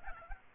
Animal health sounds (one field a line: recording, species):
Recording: mosquito wingbeat signal from an infrared sensor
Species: Aedes albopictus